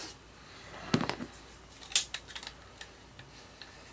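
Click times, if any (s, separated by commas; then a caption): none. A rubber spark plug cap is pushed onto the spark plug of a Honda lawnmower, making a few short, sharp contact sounds around 0.9, 1.1 and 2.0 seconds, followed by fainter light ticks. The cap does not latch into place, so nothing has seated or clicked yet, and its metal contact is then squeezed to make it grip tighter.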